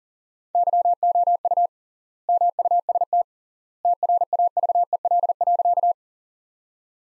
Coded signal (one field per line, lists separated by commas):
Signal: Morse code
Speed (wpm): 40 wpm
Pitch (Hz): 700 Hz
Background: none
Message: YOU MUST TRAVEL.